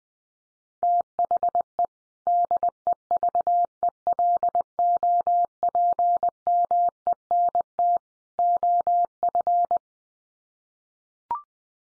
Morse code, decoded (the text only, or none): THE DEVELOPMENT OF